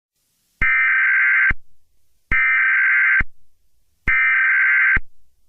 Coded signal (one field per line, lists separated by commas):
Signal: Emergency Alert System (SAME) tones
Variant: header bursts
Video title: EAS Scenario #48: Invasion of Privacy